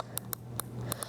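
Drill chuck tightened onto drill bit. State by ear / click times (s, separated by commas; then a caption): torque reached / 0.2 s, 0.3 s, 0.6 s, 0.9 s, 1.0 s. The keyless chuck of a cordless drill is hand-tightened onto a drill bit until its ratchet mechanism clicks, with sharp, bright clicks at 0.2, 0.3, 0.6, 0.9 and 1.0 seconds over a low steady hum. The repeated ratcheting confirms the chuck is tight on the bit.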